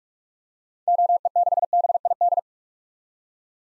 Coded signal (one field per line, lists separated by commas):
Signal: Morse code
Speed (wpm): 46 wpm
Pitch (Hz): 700 Hz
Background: none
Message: OE6BID